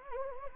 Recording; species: mosquito wingbeat signal from an infrared sensor; Anopheles gambiae